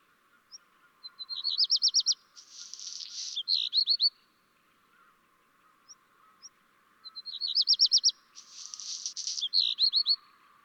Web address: chant xeno-canto rougequeue noir